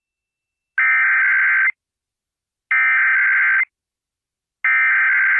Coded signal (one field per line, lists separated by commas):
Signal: Emergency Alert System (SAME) tones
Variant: header bursts